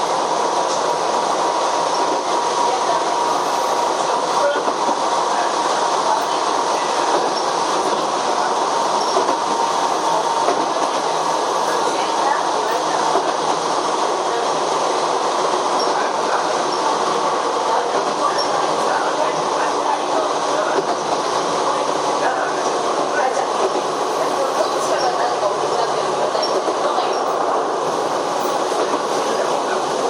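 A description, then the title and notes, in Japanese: Onboard a Chichibu Railway 7500 series train running between Hanyu and Kumagaya, a steady rolling rumble and hiss fill all thirty seconds at an even level. A faint high whine sits over the noise, with soft clicks and rattles scattered throughout. 秩父鉄道7500系 羽生ー熊谷。秩父鉄道本線 羽生→熊谷の区間で録音。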